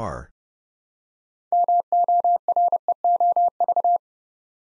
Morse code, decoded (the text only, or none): MOREOV